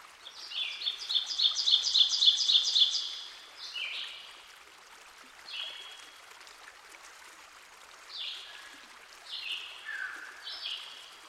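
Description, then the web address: Ovenbird song, repeated ringing two-note phrases building in volume over two seconds, then scattered slurred whistles from other birds. Ovenbird singing by a stream. "Dan Gibson Songbirds By The Stream. Ovenbird"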